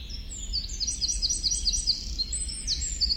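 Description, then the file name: Eurasian wren: a fast series of sharp, high repeated notes, then varied twitters, over a low background hum. "Troglodytes troglodytes"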